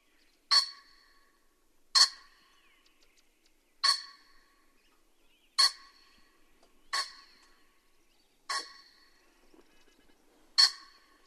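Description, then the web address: Pheasant giving several single harsh, abrupt call notes, each a short ringing burst, in quiet surroundings. "animal-sound pheasant-sound"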